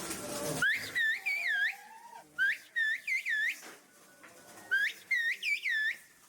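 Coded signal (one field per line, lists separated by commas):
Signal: whistled language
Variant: Turkish kuş dili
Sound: loud, shrill whistled phrases with rising and falling glides, in three bursts with pauses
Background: faint low tone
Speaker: jadi bahasa burung mereka ini ataupun komunikasi menggunakan bersiul ini telah dianggap sebagai warisan budaya yang tidak berbentuk benda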